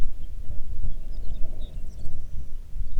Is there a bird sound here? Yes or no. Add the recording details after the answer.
yes. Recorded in the Arctic National Wildlife Refuge, Alaska, on 3 June 2019 at 05:00. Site 37